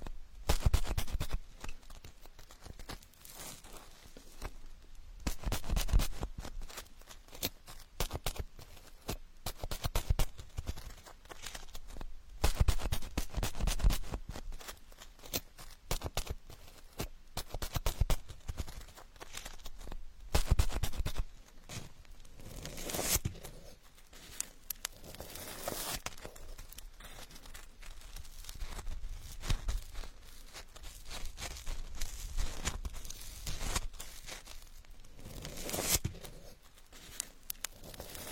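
Handling of marshmallow skewers, with dense, irregular crinkling and tearing sounds running through the whole clip. The sounds come in quick clustered bursts, crisp and bright, with louder flurries around 6, 13, 20 and 26 seconds.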